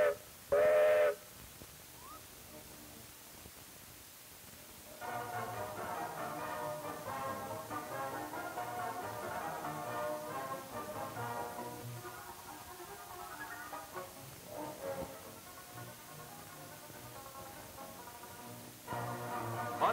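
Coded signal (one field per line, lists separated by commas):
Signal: whistle signal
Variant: steam traction engine whistle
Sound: two short steam whistle toots, then orchestral music plays for the rest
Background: music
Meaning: Two short blasts signal to start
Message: 2 short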